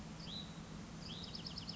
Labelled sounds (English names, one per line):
Hutton's Vireo